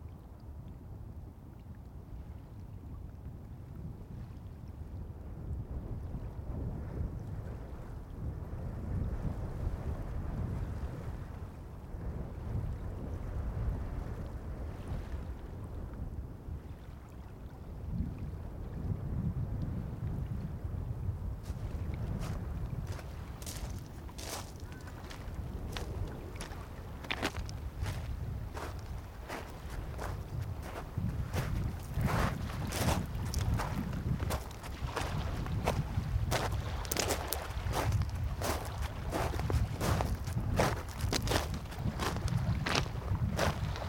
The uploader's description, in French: La mer, le vent, les glaciers, les cascades, les torrents,les sources bouillonnantes, les geysers